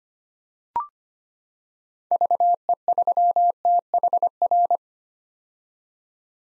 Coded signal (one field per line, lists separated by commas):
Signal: Morse code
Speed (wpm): 25 wpm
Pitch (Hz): 700 Hz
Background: none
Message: VE3THR